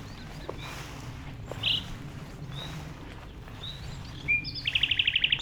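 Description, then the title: Common nightingale: after mostly quiet background noise and one bright note, a sudden fast series of loud repeated piping notes closes the passage. Singing in tall grass at Chindrieux, France, approached on foot by the recordist; deaf to outside noise while singing; airliners and an accelerating vehicle in background. "195 Rue de Vars, Chindrieux, France - approche d'un rossignol"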